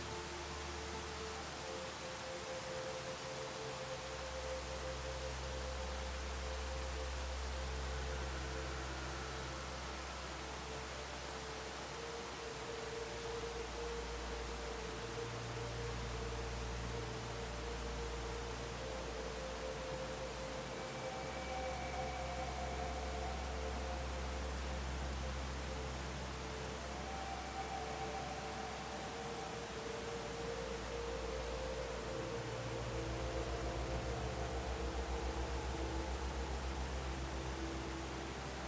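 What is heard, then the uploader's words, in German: A waterfall pours in a dense, steady rush that fills the whole clip at an even level. Beneath it, calm music plays slow sustained low tones that shift every few seconds, with a soft held middle note and occasional faint higher notes drifting in. Finden Sie RUHE mit dem Sanften Klang eines WASSERFALLS und Beruhigender MUSIK.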